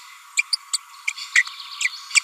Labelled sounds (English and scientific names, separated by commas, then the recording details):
Green-rumped Parrotlet (Forpus passerinus) babbling
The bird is a female
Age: 30 days
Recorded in a nest box in Venezuela
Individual 17B42A4